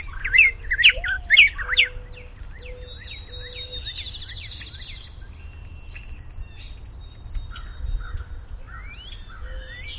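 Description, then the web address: Bird giving three loud, harsh squawking notes, followed by a long buzzy trill, scattered chirps and a steady low rumble. April 2010; species unidentified; noise removal applied to recording. "birds April-2010 mystery bird w-noise-removal"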